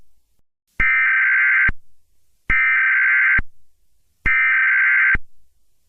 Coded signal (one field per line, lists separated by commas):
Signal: Emergency Alert System (SAME) tones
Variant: header bursts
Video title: EAS: Colored Rain